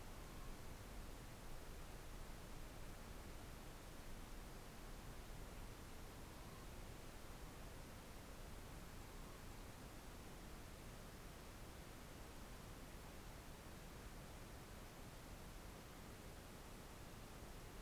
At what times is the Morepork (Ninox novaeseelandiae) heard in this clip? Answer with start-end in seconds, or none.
0.05-0.58, 6.01-6.69